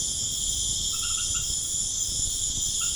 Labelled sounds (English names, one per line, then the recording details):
none
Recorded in pastures near Puerto Asís, Putumayo, Colombia, on 21 March 2025 at 20:00
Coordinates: 0.505, -76.324
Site GP08